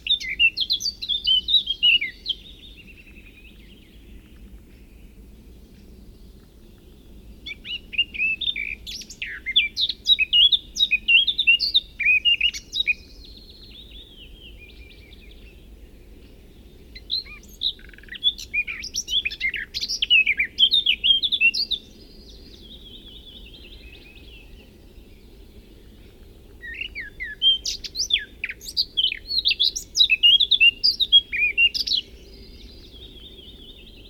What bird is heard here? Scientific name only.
Sylvia atricapilla